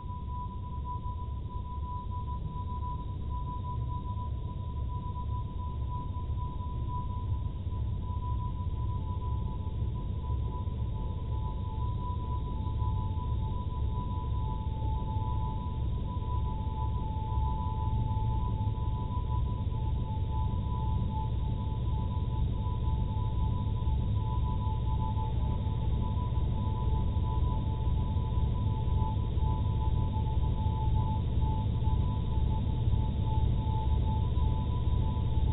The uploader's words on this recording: A three hour composition for headphones. The piece is tones, grumbles, wa-wa’s, groans, beats and other sounds created through digital signal processing of Niagara Falls.